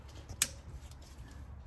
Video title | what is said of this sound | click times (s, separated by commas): 2023 Tundra rear brakes Gen 3 full walk thru | Hear the snap. | 0.4 s